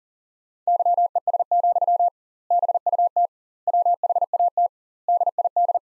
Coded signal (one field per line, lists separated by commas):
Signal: Morse code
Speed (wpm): 40 wpm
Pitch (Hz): 700 Hz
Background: none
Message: YES, BUT WHAT DID